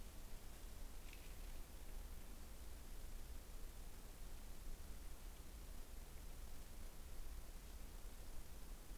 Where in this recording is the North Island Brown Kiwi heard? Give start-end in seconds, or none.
none